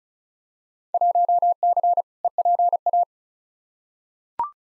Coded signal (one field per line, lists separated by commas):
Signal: Morse code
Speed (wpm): 36 wpm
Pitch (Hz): 700 Hz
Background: none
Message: 1C EPA